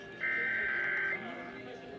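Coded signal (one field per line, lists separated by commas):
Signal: Emergency Alert System (SAME) tones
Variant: header bursts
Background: speech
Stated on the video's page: Pennsylvania Required Monthly Test heard on multiple FM and AM radio stations and Comcast cable.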